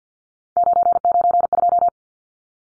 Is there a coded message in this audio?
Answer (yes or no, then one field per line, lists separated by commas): yes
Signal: Morse code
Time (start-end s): 0.6-1.9 s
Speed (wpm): 50 wpm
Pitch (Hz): 700 Hz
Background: none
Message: 992